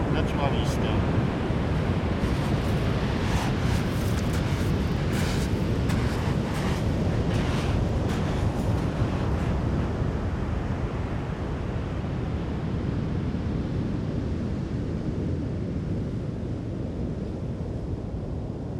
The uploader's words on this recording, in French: Grondement de l'Atlantique. Plage d'Ondes près de Bayonne. Ce matin pas un souffle de vent sur la plage d'Ondes, les rouleaux de l'Atlantique roulent et grondent en s'écrasant sur le sable coquillier ocre, un vent de terre retient quelques instants les vagues en suspend. Peux de détails apparaissent, les graves et les basses couvrant le paysage sonore.